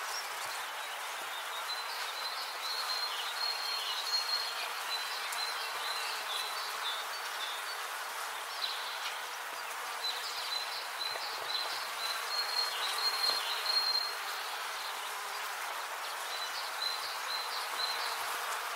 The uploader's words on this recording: The birds begin to chirp as well as the bees and bumblebees buzz through the air again. Today you can listen to a whole hive of bees as they go about their daily tasks.